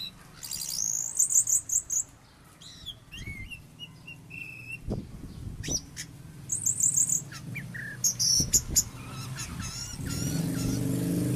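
Oriental magpie-robin delivering a varied song of chattering bursts, flat whistles and quick high notes, with low rumbling noise toward the end.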